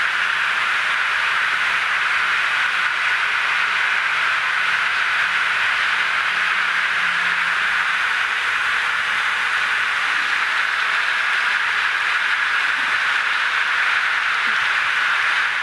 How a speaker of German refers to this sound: Jetzt ist es ganz dicht am Lautsprecher, und jetzt hört man definitiv, dass es ein Applaus ist. Und je weiter man weg ist, nimmt man es halt nur als ein undefiniertes Rauschen wahr.